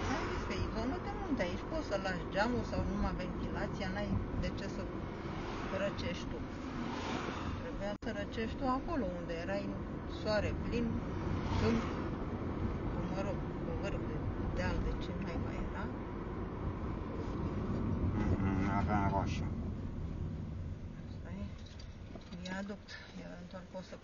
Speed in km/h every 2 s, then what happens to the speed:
41, 41, 38, 32, 35, 38, 40, 41, 43, 26, 12, 6.
0-7 slows to 32. 7-16 speeds up to 43. 16-24 brakes to 6.